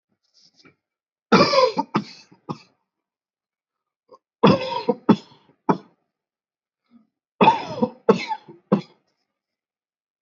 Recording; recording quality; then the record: heavy voluntary cough; excellent, no background noise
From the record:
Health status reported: healthy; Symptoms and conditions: none ticked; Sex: male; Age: 26 years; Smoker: yes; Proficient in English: yes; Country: India